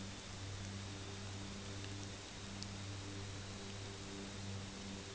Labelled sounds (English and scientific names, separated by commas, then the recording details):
none
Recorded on Arctic tundra, site UTQI-8, on 15 June 2019
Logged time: 22:00